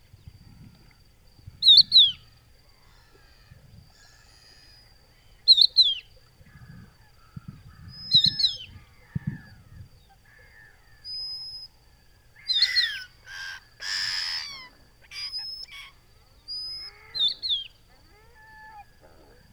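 A hidden bird in a coastal marsh gives short, bright, plaintive whistled calls every few seconds, over a faint low rumble and occasional other chirps.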